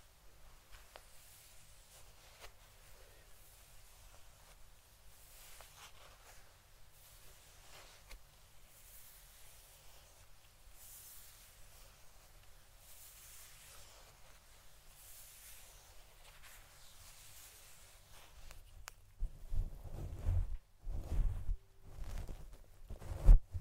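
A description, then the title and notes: A fluffy microphone cover is rubbed and brushed, making soft, airy swishes that come and go every second or so. Around nineteen seconds the touching turns heavier, bringing louder, deep muffled thumps and rumbling scrapes. Fluffy Mic TRIGGERS. Scalp Massage. No Talking.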